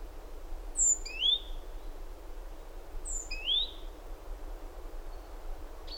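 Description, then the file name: Great tit calling twice, each call a high thin note followed by a rising slurred note, about two seconds apart, with a quiet noisy background. "Parus major"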